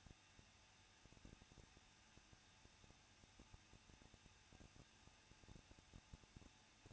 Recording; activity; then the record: daily activity, microphone in the room; no activity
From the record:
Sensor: 2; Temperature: 21.0 degrees Celsius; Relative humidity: 37.5%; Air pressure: 1006.3 hPa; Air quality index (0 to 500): 222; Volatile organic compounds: 24 ppm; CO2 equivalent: 2823 ppm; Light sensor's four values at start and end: 2/3/2/2 and 2/3/2/2